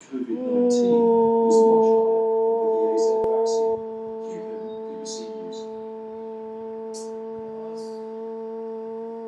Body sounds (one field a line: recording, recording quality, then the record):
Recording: sustained vowel as in boot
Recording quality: moderate, slight background noise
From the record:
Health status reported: healthy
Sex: female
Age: 54 years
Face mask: worn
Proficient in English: yes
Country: India